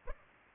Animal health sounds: mosquito wingbeat signal from an infrared sensor; Aedes aegypti

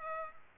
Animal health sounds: mosquito wingbeat signal from an infrared sensor; Culex pipiens

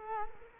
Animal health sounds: mosquito wingbeat signal from an infrared sensor; Culex quinquefasciatus

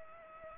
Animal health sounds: mosquito wingbeat signal from an infrared sensor; Culex pipiens

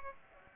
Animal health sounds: mosquito wingbeat signal from an infrared sensor; Aedes aegypti

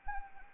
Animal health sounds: mosquito wingbeat signal from an infrared sensor; Anopheles arabiensis

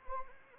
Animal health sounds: mosquito wingbeat signal from an infrared sensor; Anopheles arabiensis

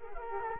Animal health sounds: mosquito wingbeat signal from an infrared sensor; Culex quinquefasciatus

